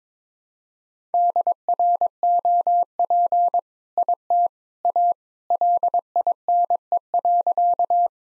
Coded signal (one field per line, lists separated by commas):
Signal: Morse code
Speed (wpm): 22 wpm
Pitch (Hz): 700 Hz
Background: none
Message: DROP IT A LINE.